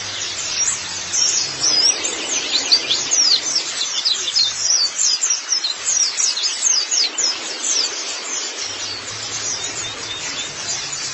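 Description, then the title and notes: White-eye singing a busy, high-pitched twittering warble of quick chirps, pulsing in short bursts, over a faint low hum. "Kicauan Burung Pleci Durasi Panjang. Suara kicauan burung pleci"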